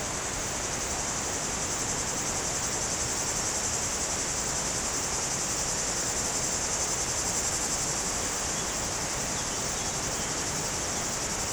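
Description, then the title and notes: Cicadas give a bright, sustained buzzing drone over a steady background noise. Cicadas very active in trees near the Jourdan river on the slopes of the Grand Colombier above Culoz, France, on a hot day. "Chem. de Romagnieux, 01350 Culoz, France - Rivière et cigales. Sur les pentes du Grand Colombier au dessus de Culoz , par cette chaude journée les cigales sont très actives dans les arbres près du Jourdan"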